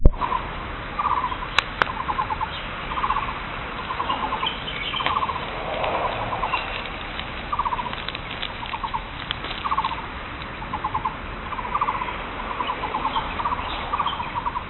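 Bird giving short, rapid pulsed trills repeated regularly, steady in pitch, over a constant noisy background with a few clicks.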